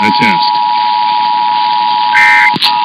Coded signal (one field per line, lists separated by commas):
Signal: Emergency Alert System (SAME) tones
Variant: 853 and 960 Hz attention tone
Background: speech